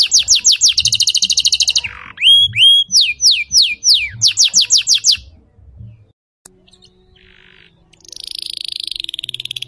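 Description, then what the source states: Lovebird chatter with quick high chirps and squeaky down-slurred notes, a pause of about three seconds, then a thin, buzzy, high trill to the end. Song style called konslet.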